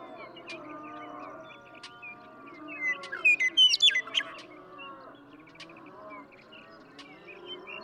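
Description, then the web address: Western meadowlark song: a single warbled phrase of whistles and gurgles in the middle, amid continuous low droning hum and faint clicks. "birdsongforthecurious songs Western Meadowlark"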